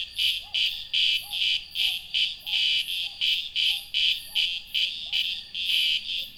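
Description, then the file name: Cicada with loud, pulsed buzzing bursts about every 0.4 seconds, accompanied by a soft, repeated rising-and-falling chirp in the background. "cigarras"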